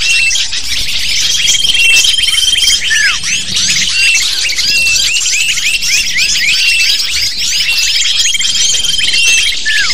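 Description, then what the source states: Lovebirds calling in a dense chorus of shrill, high chirps and squeaks, with occasional long steady whistles and downward-sliding notes throughout. Used to lure lovebirds.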